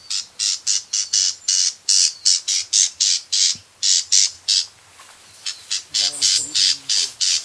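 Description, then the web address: Newtonia giving rapid, high, scratchy repeated notes in an uneven rhythm, with a short gap around five seconds and a faint lower sound near six seconds. "sound Newtonia. صدای-پرنده-نوآوا"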